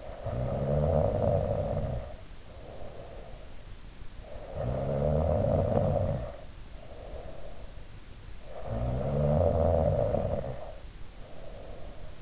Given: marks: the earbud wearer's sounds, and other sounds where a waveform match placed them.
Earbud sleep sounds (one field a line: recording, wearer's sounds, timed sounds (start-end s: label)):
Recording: sounds in sleep by an in-ear microphone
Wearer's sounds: snoring breath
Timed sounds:
0.00-3.71 s: snoring breath
4.17-7.71 s: snoring breath
8.40-12.22 s: snoring breath